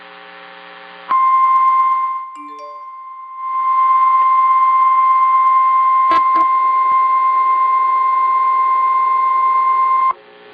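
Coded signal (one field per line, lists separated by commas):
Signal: Emergency Alert System (SAME) tones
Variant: 1050 Hz attention tone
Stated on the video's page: Virtual (simulated) EAS double header: hurricane warning and tropical storm warning.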